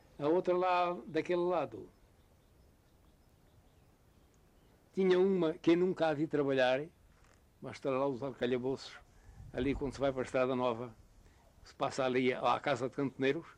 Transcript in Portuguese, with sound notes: A outra lá daquele lado [pausa] tinha uma que eu nunca a vi trabalhar mas estão lá os arcabouços, ali quando se vai por a estrada nova, que se passa ali à casa de cantoneiros…